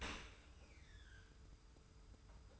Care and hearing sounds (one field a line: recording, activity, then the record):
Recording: daily activity, microphone in the room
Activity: open dishwasher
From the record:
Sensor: 2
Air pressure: 991.2 hPa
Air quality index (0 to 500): 140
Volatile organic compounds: 256 ppm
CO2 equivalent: 4376 ppm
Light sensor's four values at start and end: 39/113/45/43 and 39/113/45/43